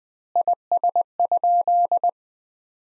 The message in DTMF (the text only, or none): none